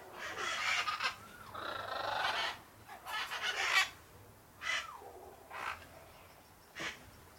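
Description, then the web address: Parakeet calls, bursts of chattering and squawky notes with a couple of whistled glides, set against a steady background hiss. Calm parakeets. "the sound pack tree. calm parakeets"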